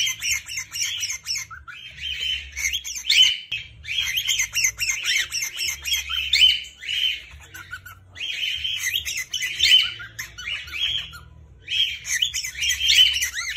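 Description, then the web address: Cockatiel screaming: harsh, grating screeches repeated in loud bursts with short gaps between. Screams of a female and a male cockatiel. "صدای-جیغ-عروس-هلندی-ماده-و-نر"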